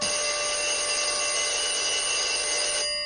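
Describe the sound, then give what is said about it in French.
A telephone rings with a steady, shrill, continuous metallic bell tone that holds for nearly three seconds before cutting off. No one speaks. “Le téléphone sonne.”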